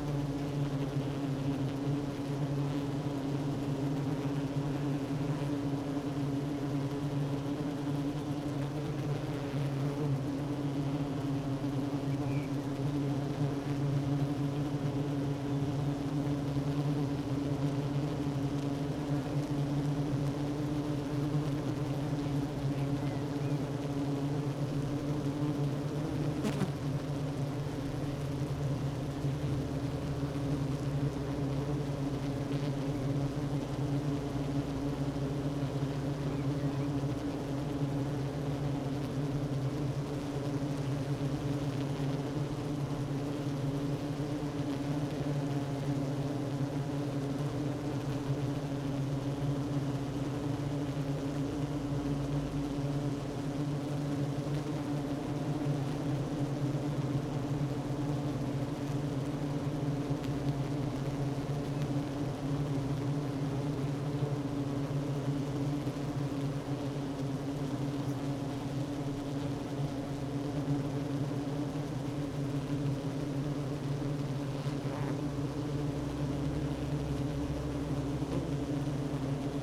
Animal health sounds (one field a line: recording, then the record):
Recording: honeybee colony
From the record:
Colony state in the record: active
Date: 12 June 2018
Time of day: 10:43